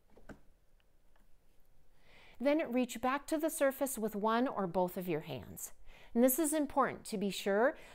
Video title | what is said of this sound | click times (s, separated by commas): VOCiC Rollator Walker Transport Chair 2-in-1 - Mother's Day SALE on NOW | now engage the parking brakes by pressing down until you feel and hear the click | 0.3 s